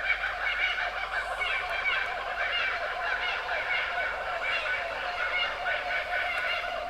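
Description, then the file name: Kookaburra cackling laugh, rapid rough chuckling notes rolling on steadily through the whole stretch. "kukabara"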